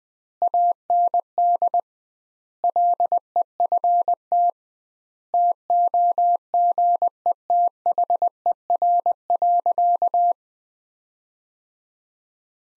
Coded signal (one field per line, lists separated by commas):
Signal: Morse code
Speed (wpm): 20 wpm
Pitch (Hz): 700 Hz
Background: none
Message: AND LEFT TOGETHER.